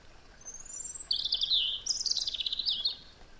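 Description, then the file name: European robin song: a thin high whistle, then a tumbling run of bright warbled notes and a second sparkling, fast twittering phrase, all very high-pitched. "Erithacus rubecula"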